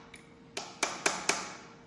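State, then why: Seated. A metal transmission part, a gear or collar on a tractor transmission shaft, is tapped into place with repeated sharp blows, the first softer one near 0.6 s. The louder, solid-sounding taps land at 0.8, 1.1 and 1.3 s, each ringing out briefly. The part is seated, snapped right in.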